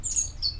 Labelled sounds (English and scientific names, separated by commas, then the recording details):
Stitchbird (Notiomystis cincta) song
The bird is a male
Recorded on Tiritiri Matangi Island, New Zealand, in 2005
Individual 14, of nest box 20